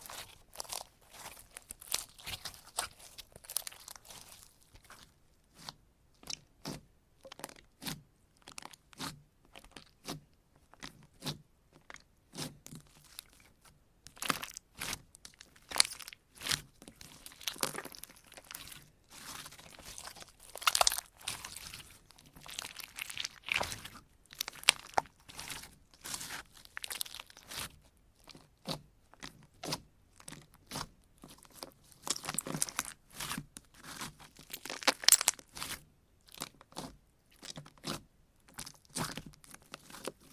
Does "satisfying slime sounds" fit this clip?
yes